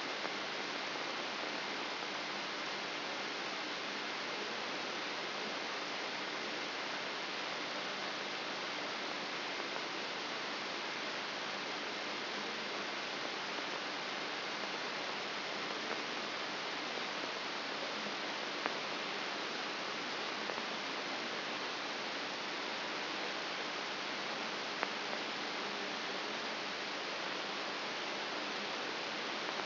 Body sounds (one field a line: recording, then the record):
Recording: brain microelectrode recording played as sound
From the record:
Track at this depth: inside the subthalamic nucleus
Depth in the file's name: 3.102 mm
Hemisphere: left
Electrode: 3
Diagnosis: Parkinson's disease